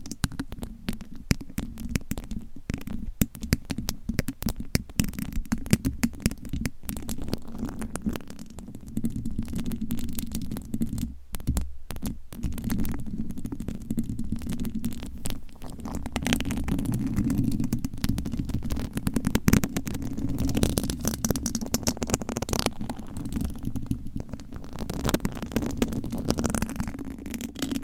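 Fingernails scratch across microphone covers in a dense, continuous stream of quick rasping strokes. A low rumbling hum sits underneath throughout, with brighter scratchy bursts coming and going, and a brief near-silent gap around eleven seconds before the scratching resumes.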